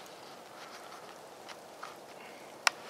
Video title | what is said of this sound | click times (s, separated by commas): My knife handles explained. | it just kind of snaps into place | 2.7 s